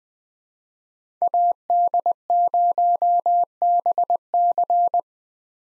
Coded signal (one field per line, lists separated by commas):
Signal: Morse code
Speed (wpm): 20 wpm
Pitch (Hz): 700 Hz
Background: none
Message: AD0BC